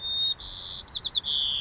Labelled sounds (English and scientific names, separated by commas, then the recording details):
White-crowned Sparrow (Zonotrichia leucophrys)
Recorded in Sonoma County, California